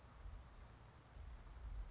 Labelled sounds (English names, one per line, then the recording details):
Chestnut-backed Chickadee
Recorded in Sonoma County, California